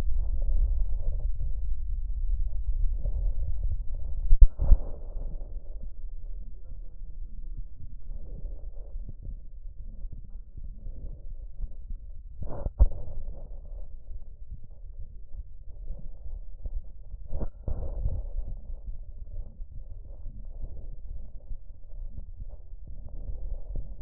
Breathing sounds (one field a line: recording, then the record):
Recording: lung sounds by stethoscope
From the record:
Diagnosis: emphysema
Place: left posterior upper chest